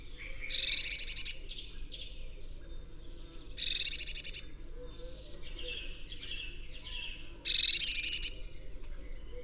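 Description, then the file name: Eurasian blue tit giving harsh rattling churrs, three loud pulsed bursts about every three to four seconds, softer twittering notes filling the gaps. "Cyanistes caeruleus"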